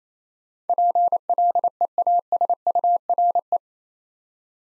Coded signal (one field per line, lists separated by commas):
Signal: Morse code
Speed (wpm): 28 wpm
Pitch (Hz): 700 Hz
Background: none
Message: PLEASURE